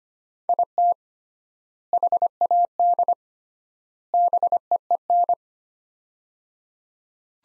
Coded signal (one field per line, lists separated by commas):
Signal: Morse code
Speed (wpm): 25 wpm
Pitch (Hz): 700 Hz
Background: none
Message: IT HAD BEEN